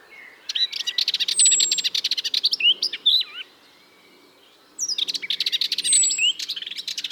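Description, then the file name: Eurasian blackcap: two dense runs of fast hard clicking notes with thin high whistles and a few twisting lower slurs mixed into the first run. "Sylvia atricapilla"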